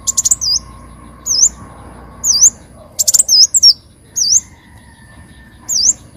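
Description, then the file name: Leafbird calls: short, high, V-shaped whistled notes, sometimes in quick clusters, given about once a second with gaps between them, over a faint steady hum. "Tieng chim xanh tim"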